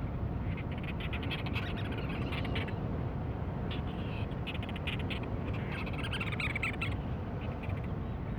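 Cape Verde storm petrel giving repeated stuttering, pulsed call bursts throughout, beneath a heavy continuous low roar.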